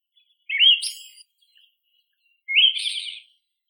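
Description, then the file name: Siberian thrush giving two slurred whistled phrases, each a clear note sliding into a softer trilled or buzzy ending, with silence between. "Zoothera sibirica song"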